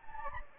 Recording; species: mosquito wingbeat signal from an infrared sensor; Anopheles gambiae